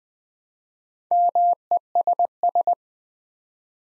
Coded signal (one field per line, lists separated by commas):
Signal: Morse code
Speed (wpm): 20 wpm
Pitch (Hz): 700 Hz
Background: none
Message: MESS